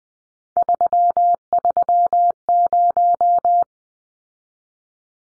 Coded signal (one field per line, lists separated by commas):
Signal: Morse code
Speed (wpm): 20 wpm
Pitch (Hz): 700 Hz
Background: none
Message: 330